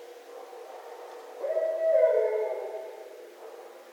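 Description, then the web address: Barred owl call, one strong drawn-out hoot rising in loudness then sliding down and fading, with faint background hiss before and after. Recorded 24 December 2011. "birds Barred Owl 2011 12 24 Barred Owl"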